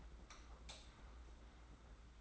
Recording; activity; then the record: daily activity, microphone in the room; light off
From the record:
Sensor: 3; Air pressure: 991.9 hPa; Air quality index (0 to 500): 223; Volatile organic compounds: 1000 ppm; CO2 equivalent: 7664 ppm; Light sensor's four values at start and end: 18/44/18/17 and 16/39/15/14